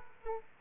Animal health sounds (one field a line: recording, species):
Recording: mosquito wingbeat signal from an infrared sensor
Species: Aedes aegypti